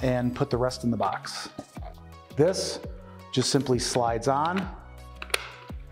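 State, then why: Seated. A US plug adapter is slid onto a scanner's wall power supply unit until it locks, while someone talks over background music. A sharp, short click is heard at 5.3 s as the adapter seats securely.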